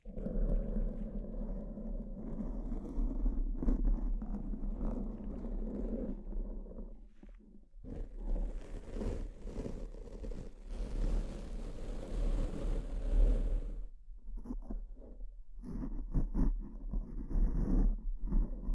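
Scratching sounds with no talking, rough and rubbing over a steady low hum. Brighter, denser scratching fills the middle from about 8 to 13 seconds, after brief pauses the strokes return as shorter, uneven bursts toward the end.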